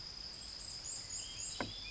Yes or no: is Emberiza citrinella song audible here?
no